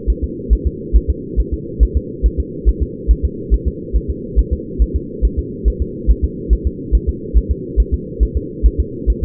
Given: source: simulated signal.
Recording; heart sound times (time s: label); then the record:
fetal heart sounds
0.10 s: S1
0.24 s: S2
0.53 s: S1
0.67 s: S2
0.96 s: S1
1.10 s: S2
1.40 s: S1
1.54 s: S2
1.83 s: S1
1.97 s: S2
2.26 s: S1
2.40 s: S2
2.69 s: S1
2.83 s: S2
3.11 s: S1
3.25 s: S2
3.54 s: S1
3.68 s: S2
3.96 s: S1
4.10 s: S2
4.39 s: S1
4.53 s: S2
4.82 s: S1
4.96 s: S2
5.25 s: S1
5.39 s: S2
5.68 s: S1
5.82 s: S2
6.11 s: S1
6.25 s: S2
6.53 s: S1
6.67 s: S2
6.95 s: S1
7.09 s: S2
7.37 s: S1
7.51 s: S2
7.80 s: S1
7.94 s: S2
8.23 s: S1
8.37 s: S2
8.66 s: S1
8.80 s: S2
9.10 s: S1
9.24 s: S2
From the record:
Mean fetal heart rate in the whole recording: 140 bpm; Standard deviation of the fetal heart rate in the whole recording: 2 bpm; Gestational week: 34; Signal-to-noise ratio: -4.1 dB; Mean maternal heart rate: no maternal heart sound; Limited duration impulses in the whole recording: absent